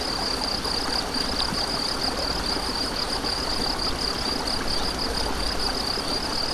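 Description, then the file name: A steady, shrill cricket trill with bright regular pulses sits above the dense, splashing noise of a stream. Crickets beside a stream, recorded 7 May 2014 on an MZ-N 710 recorder. "MZ-N 710 Ruisseau et grillons 7 05 14"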